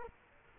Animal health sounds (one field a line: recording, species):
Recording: mosquito wingbeat signal from an infrared sensor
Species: Culex quinquefasciatus